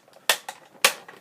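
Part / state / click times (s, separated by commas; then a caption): leg ratchet joint of a transforming action figure / seated / 0.3 s, 0.5 s, 0.8 s. The plastic leg of a transforming robot action figure, a War for Cybertron Siege Deluxe Class Cog, is rotated through its ratcheting leg joint. Sharp clicks sound at 0.3, 0.49 and 0.85 seconds, with fainter ticks around them. The joint steps into position and seats.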